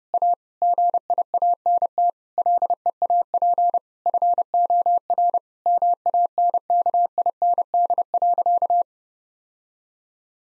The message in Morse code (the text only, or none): A GIANT LEAP FOR MANKIND.